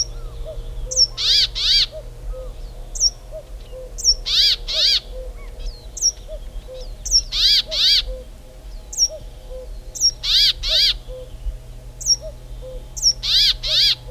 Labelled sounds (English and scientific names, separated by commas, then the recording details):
Brambling (Fringilla montifringilla) call
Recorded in the wild
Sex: male
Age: adult
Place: Halbinsel Kindo, Karelien, RU
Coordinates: 66.5417, 33.0556
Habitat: taiga
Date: 1994-06-24
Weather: cloudy, 15°C
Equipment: Sony TCD-D3, Sennheiser ME 80, K 30 AV (I), Windschutz
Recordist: Frommolt, Karl-Heinz